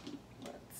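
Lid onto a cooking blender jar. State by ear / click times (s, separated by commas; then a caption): seated / 0.1 s, 0.5 s. A lid is put on a Delux cooking blender jar and turned until it locks in place. Two small tick-like clicks are heard at 0.1 s and 0.5 s, and the lid is locked.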